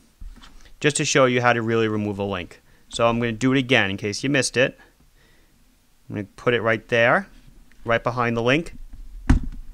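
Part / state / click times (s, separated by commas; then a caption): retaining pin in a folded-link watch bracelet / released / 9.3 s. A tool is placed behind the link pin of a folded-link steel watch bracelet and pushed by hand while someone talks. At 9.3 s a sharp pop is heard as the retaining pin pops loose and comes free from the link.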